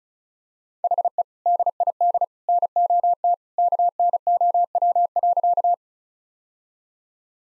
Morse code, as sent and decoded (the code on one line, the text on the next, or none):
.... . / -.. .. -.. / -. --- - / -.- -. --- .-- .-.-.-
HE DID NOT KNOW.